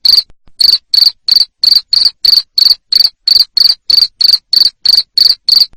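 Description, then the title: Cricket chirping loudly in short pulsed bursts, about three chirps per second, steady and high-pitched with no other sounds. Loud cricket chirping played to make lovebirds sing continuously. "Suara JANGKRIK NGERIK Keras Bikin LOVEBIRD Jadi NGEKEK Terus Vubey"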